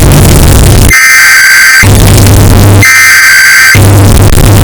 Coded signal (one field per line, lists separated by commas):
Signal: Emergency Alert System (SAME) tones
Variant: header bursts